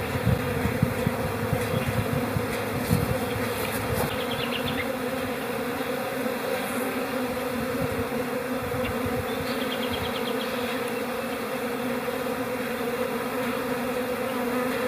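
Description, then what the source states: Honey bee hive chatter, a dense steady droning hum with a few faint high notes scattered through. Hive chatter recorded in April.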